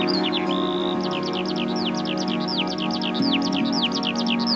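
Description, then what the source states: Skylark song with rapid, repeated downslurred whistles in a steady stream, set against humming synthesiser and guitar drones. Skylark descending from the sky; inspired by a day on an Iron Age hillfort in Dorset, UK.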